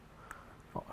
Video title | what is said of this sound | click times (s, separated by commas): Complete Guide to Unboxing and Assembling the Vortex Rotary Axis | where like on on top of the red switch and you just push down until you hear a click and | 0.3 s, 0.8 s